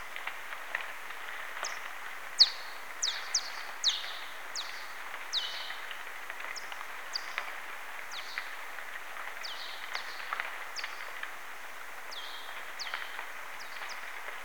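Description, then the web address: Alcathoe bat echolocation, a loose series of brief downward sweeps that are loudest early on and fade later, over a steady hiss. "Pole Plecotus Echos des rhinos Son Alcathoe 1 Quentin Smits"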